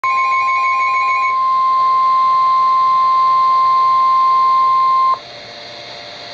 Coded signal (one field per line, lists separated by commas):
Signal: Emergency Alert System (SAME) tones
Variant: 1050 Hz attention tone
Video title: Special Marine Warning (EAS #470)